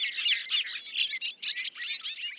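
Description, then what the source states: Bobolink song: a fast, bubbling cascade of high, tinkling and buzzy notes tumbling without pause. Males returning to nest in a large hayfield in western New York State in early May, ahead of the females.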